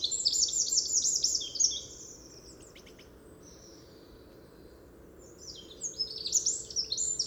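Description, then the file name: Eurasian wren pouring out a loud, very high, rapid trilling phrase, falling quiet for several seconds, then beginning another quick twittering run. "Troglodytes troglodytes"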